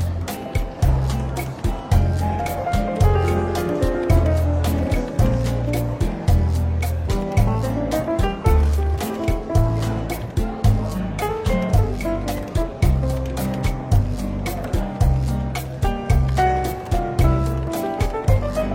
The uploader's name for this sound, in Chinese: 伦敦书店咖啡馆轻微喧闹氛围与柔和轻松的爵士背景音乐